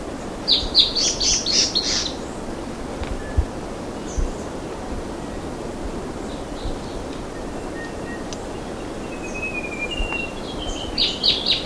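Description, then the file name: Bird chirps in two bright bursts of rapid high notes at the start and end, with scattered soft whistles between them and a low outdoor hiss. "SABIOD 50 bird 2015"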